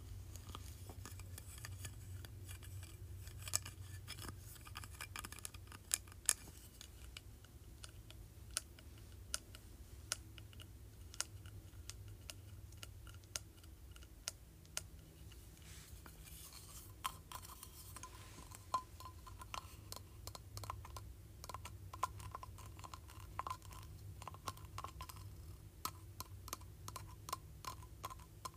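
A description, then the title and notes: Someone taps on a plastic trophy, producing sharp, light clicks in irregular clusters, sometimes rapid and sometimes spaced by short pauses. The taps are bright and brief, like keyboard typing. A steady low hum runs underneath throughout. ASMR Tapping Plastic Trophy.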